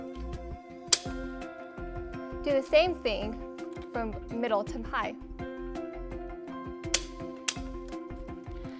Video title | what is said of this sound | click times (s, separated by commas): Graco® Pack 'n Play® Day2Dream™ Bassinet Playard | to the middle mode squeeze the button and pull up until you hear a click | 0.9 s